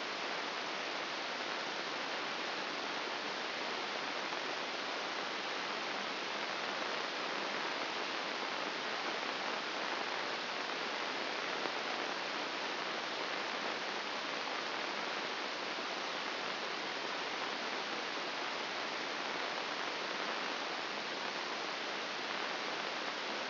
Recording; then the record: brain microelectrode recording played as sound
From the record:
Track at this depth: inside the subthalamic nucleus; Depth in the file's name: 2.904 mm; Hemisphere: left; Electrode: 2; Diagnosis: Parkinson's disease